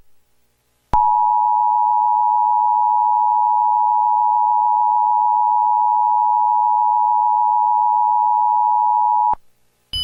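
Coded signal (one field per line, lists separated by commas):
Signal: Emergency Alert System (SAME) tones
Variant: 853 and 960 Hz attention tone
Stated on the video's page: Child abduction alert received on an Xfinity X1 cable box.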